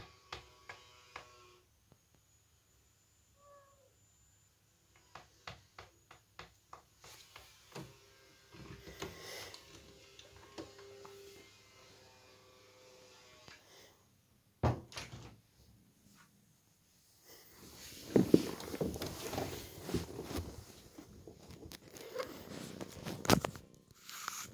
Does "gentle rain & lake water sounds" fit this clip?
no